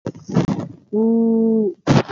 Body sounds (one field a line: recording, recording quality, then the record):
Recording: sustained vowel as in boot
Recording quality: poor, much background noise or distortion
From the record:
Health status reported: COVID-19 positive, mild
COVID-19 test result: positive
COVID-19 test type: RT-PCR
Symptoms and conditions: fever, fatigue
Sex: female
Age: 33 years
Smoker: no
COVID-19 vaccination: both doses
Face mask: not worn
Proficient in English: yes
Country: India